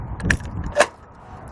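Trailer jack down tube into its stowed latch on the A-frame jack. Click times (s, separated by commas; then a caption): 0.3 s. The foot/down tube of an A-frame topwind trailer jack is swung up on its pivoting arm into its stowed, raised position, and it snaps into the latch with a sharp click at 0.3 s. A fainter metallic rattle follows near 0.8 s before the clip settles to quiet. The tube is latched and held up out of the way.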